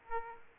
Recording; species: mosquito wingbeat signal from an infrared sensor; Aedes aegypti